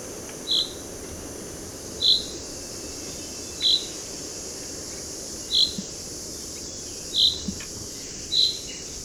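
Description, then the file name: Common chaffinch uttering brief, bright high-pitched calls spaced one to two seconds apart, six in total, against a continuous hissing background. "Fringilla coelebs"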